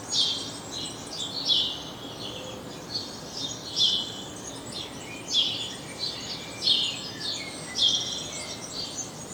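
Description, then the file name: House sparrow calls: rapid chirrupy bursts repeating every second or so, high-pitched, over a soft hiss of background noise. "Passer domesticus"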